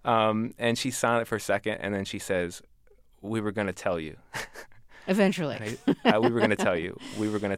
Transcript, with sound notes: And she's silent for a second, and then she says we were going to tell you.
Eventually...
(LAUGHTER)
We were going to tell you.